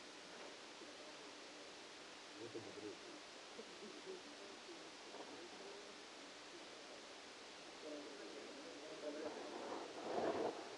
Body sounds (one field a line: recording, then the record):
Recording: brain microelectrode recording played as sound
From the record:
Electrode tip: outside the subthalamic nucleus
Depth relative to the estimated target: 7 mm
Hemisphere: left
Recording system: NeuroSet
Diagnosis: Parkinson's disease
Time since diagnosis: 8 years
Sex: male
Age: 65 years